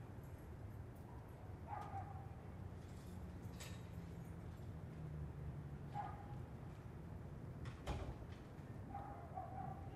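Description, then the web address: Dog barks, three brief faint barks spaced several seconds apart, with steady low traffic noise and a few scattered knocks. Distant dogs in an urban residential area, with distant traffic in the background. "Lynne Music Urban-Residential-Dogs-Distant-Traffic-Long"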